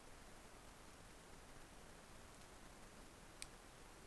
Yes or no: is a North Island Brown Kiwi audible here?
no